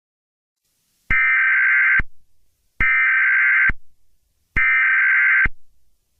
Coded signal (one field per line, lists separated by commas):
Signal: Emergency Alert System (SAME) tones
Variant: header bursts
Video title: EAS Short: The Meme Reset of 2026 (Part 1)